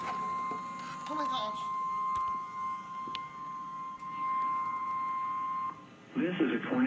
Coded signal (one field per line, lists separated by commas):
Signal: Emergency Alert System (SAME) tones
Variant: 1050 Hz attention tone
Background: speech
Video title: EAS Tornado warning WWJK-HD1 7:15PM